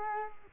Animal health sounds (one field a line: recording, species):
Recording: mosquito wingbeat signal from an infrared sensor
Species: Culex quinquefasciatus